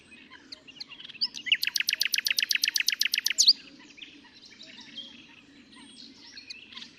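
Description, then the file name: Common nightingale singing a fast, loud run of repeated high notes for about two seconds, ending in a sharp upslurred note, then softer scattered twitters over a low steady hum. "Luscinia megarhynchos"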